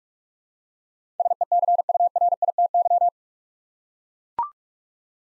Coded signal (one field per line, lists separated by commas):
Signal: Morse code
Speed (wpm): 44 wpm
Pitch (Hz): 700 Hz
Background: none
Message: SECURITY